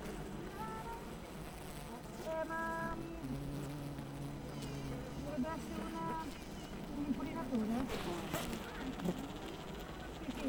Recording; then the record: honeybee colony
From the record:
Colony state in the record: missing queen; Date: 14 July 2017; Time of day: 7:28